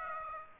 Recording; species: mosquito wingbeat signal from an infrared sensor; Aedes aegypti